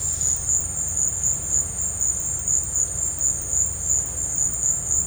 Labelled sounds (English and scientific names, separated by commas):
none